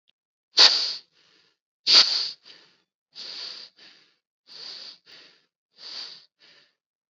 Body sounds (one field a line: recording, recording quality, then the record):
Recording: shallow breathing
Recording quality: excellent, no background noise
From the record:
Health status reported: COVID-19 positive, mild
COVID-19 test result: positive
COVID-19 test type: RT-PCR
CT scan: not taken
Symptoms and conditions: sore throat, fatigue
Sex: male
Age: 39 years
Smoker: yes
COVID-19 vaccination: both doses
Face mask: worn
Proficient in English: yes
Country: India